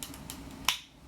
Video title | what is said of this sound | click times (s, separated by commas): Oclean X Pro Detailed Review (Watch Before Buying) | You can sort of just slide it off, and when you put it back on, it sort of clicks into place, which is quite nice. | 0.7 s